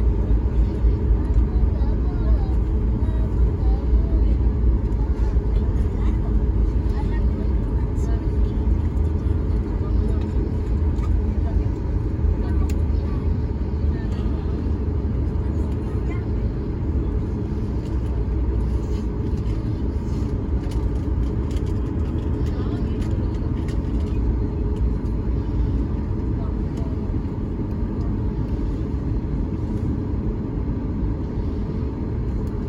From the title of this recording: Sounds of Takeoff